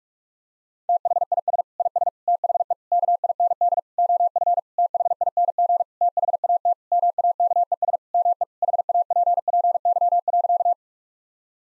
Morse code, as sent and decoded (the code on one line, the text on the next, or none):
- .... .. ... / .. ... / - .... . / -.- .. -. -.. / --- ..-. / - .... .. -. --. / - .... .- - / -- .- -.- . ... / -- . / .... .- .--. .--. -.-- .-.-.-
THIS IS THE KIND OF THING THAT MAKES ME HAPPY.